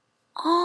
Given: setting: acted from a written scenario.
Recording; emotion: vocal sound without words; awe